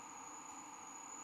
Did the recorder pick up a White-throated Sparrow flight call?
no